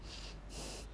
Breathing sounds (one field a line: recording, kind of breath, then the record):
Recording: one breath in and out by a microphone near the nose and mouth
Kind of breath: strong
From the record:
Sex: male